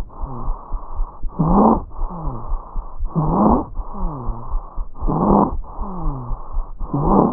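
Rapid breaths in an adult, about 32 a minute, each carry a harsh, high-pitched musical tone that rises and falls, loudest in brief bursts. This is stridor, noisy breathing from a narrowed upper airway.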